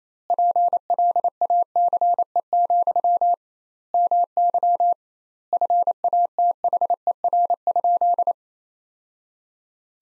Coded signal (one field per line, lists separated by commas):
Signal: Morse code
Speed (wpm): 28 wpm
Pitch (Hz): 700 Hz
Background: none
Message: PLACE, MY FATHER?